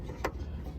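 A wiring harness connector is pushed onto the fog light bulb socket of a Ram 1500 Classic pickup truck. A single sharp click sounds at 0.3 s over a low steady background rumble. The connector is confirmed seated.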